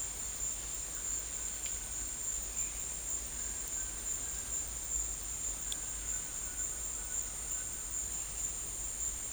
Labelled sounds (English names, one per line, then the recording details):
none
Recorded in dense forest near Puerto Asís, Putumayo, Colombia, on 22 December 2024 at 13:30
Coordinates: 0.486, -76.317
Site G003